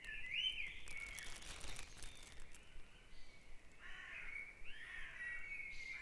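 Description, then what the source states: Birds in a dawn chorus, clear warbling and whistled notes in short phrases, with a brief crackle and faint low hum. Dawn chorus on Back Dragon Avenue, Harrogate, part of the Sound Map of Harrogate.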